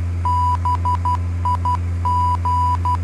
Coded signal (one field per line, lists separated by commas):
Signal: Morse code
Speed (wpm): 12 wpm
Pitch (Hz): 990 Hz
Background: none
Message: BIG